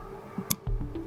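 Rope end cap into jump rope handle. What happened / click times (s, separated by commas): The cap snapped into place / 0.5 s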